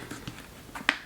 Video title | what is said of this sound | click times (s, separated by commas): Breastfeeding Journey Part 2: How to Use and a Review of the Spectra and MomCozy S12 Breast Pumps | You'll hear it snap into place. | 0.9 s